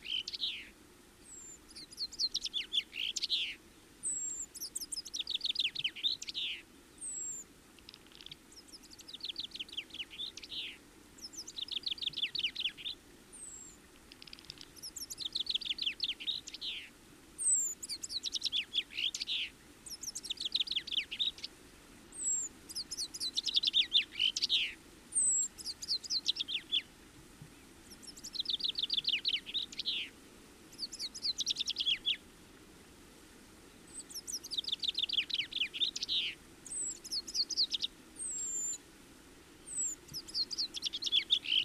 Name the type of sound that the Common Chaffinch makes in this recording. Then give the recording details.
song. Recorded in the wild. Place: Garmisch-Partenkirchen, Bayern, DE. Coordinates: 47.5206, 11.0811. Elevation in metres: 847. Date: 1967-03-26. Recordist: Tretzel, Erwin. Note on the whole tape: Ostern 1967, Pflegersee: Gesang